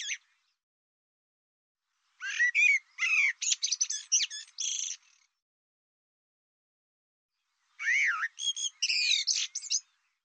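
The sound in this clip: A bird sings fast, jumbled phrases of sharp chirps and rising whistles, in two main bursts separated by a few seconds of silence.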